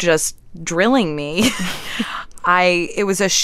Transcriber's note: laughter